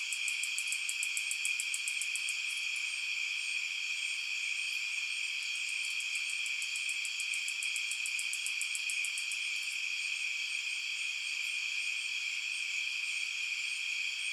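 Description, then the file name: Night insects in chorus, continuous shrill buzzing tones held throughout, plus rapid high ticking pulses in two long bursts early and midway. At night. "Blastwave FX Night Insects"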